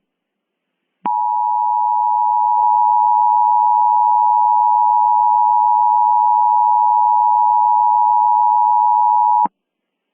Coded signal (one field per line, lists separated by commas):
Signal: Emergency Alert System (SAME) tones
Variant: 853 and 960 Hz attention tone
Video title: EAS Mock: A lake volcanic eruption (Remastered)